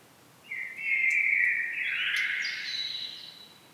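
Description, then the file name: Common blackbird delivering one smooth, fluty phrase that slides into a thin, high-pitched twittering ending. "Turdus merula"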